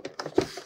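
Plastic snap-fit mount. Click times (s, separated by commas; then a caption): 0.2 s. The quick-release mount of the Dell S2725DS 27-inch monitor's stand, hooked head-first into the two slots on the monitor's back plate, is pushed down and snaps into place with a sharp click at 0.2 s. Softer taps and rustles come before and after, and the mount is seated.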